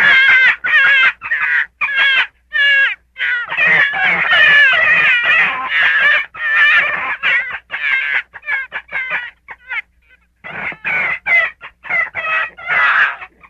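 Gray fox uttering fast, chattering series of wavering yelps and whines, some rasping and screechy, with a short quiet break before the calling resumes.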